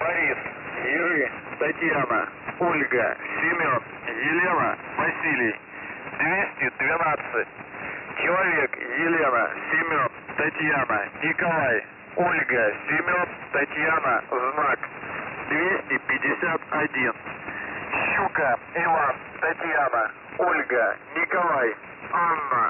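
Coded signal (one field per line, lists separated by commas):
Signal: coded military voice message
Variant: Russian, Squeaky Wheel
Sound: russian voice spelling code words in phonetic alphabet names and reading three-digit numbers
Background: radio static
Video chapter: 00:24 message in phonetic alphabet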